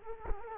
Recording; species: mosquito wingbeat signal from an infrared sensor; Culex quinquefasciatus